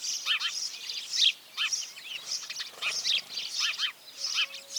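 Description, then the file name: House sparrow chirps: dense runs of harsh chirps with short pauses. "Passer domesticus"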